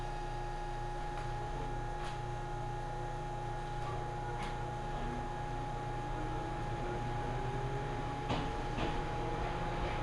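A ride aboard an Ohmi Railway train, with a steady low rumble and a constant mid-pitched whine running throughout. Sharp clicks and knocks from the wheels and carriage land irregularly, around two seconds in, near four and a half, and twice past eight.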